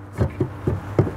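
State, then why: Seated. An RV interior drawer or door in a Cougar RV is pushed into its travel lock, making a series of low, muffled thuds around 0.2, 0.4 and 0.7 s. The latch clicks at 1.0 s, and the drawer or door is locked in place and won't move.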